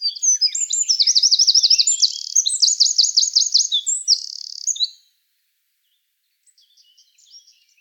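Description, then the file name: Eurasian wren delivering an energetic, high trilling song for about five seconds, fast rattles and shrill notes, followed by a few soft chips. "Troglodytes troglodytes"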